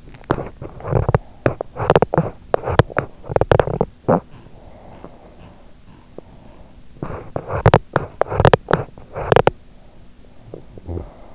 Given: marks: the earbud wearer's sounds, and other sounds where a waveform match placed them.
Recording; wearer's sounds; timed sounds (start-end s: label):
sounds in sleep by an in-ear microphone; teeth grinding, breath
0.00-4.70 s: teeth grinding
4.99-6.99 s: breath
6.99-11.35 s: teeth grinding